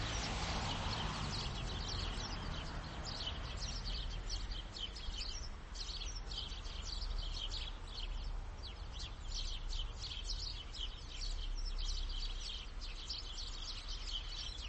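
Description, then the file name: House sparrow chirping in a dense, continuous chatter of short, bright notes, with a steady low rumble of background noise throughout. "Passer domesticus"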